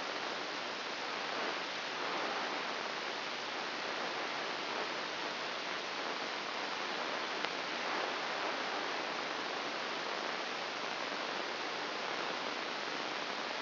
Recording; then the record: brain microelectrode recording played as sound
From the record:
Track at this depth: inside the subthalamic nucleus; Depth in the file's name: 3.802 mm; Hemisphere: right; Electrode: 3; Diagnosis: Parkinson's disease